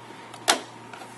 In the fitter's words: push it in so you hear a click and do that for each of the individual cartridges